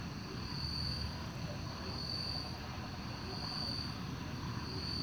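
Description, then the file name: Cricket chorus of high, pulsing trills that swell repeatedly, with steady low road noise underneath. Chorus of crickets at night in a park, with cars passing. "Coro de grilos no parque beija flor a noite com carros passando"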